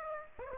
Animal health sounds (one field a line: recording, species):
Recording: mosquito wingbeat signal from an infrared sensor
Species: Aedes aegypti